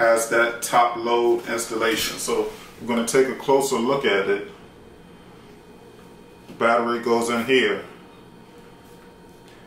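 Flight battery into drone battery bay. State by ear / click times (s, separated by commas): not seated / none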